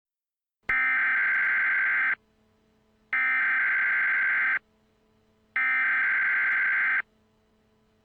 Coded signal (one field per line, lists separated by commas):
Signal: Emergency Alert System (SAME) tones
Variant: header bursts